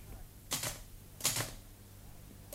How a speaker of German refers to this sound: Und der Gouverneur sitzt stundenlang vor seiner Schreibmaschine, freut sich wie ein Kind, dass er die einzelnen Tasten herunterdrücken kann und dann die Buchstaben auf dem Papier erscheinen.